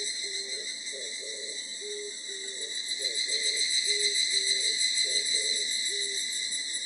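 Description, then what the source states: Evening cicada song, a steady ringing metallic tone with bright high overtones and a slight pulsing shimmer. Soft short low tones sound intermittently underneath throughout. Recorded on 24 July 1999.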